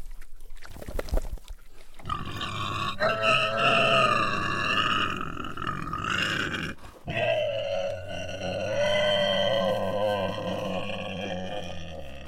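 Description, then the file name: Pig squealing in long harmonic, nasal bursts that bend up and down in pitch, after a brief rough grunt at the start. "C A Sound Inc Pig"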